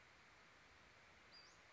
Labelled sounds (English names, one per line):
Western Flycatcher